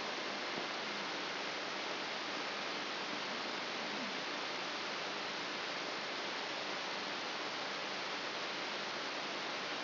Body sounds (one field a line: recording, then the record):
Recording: brain microelectrode recording played as sound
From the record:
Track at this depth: inside the subthalamic nucleus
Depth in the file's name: 1.705 mm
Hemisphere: left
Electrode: 3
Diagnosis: Parkinson's disease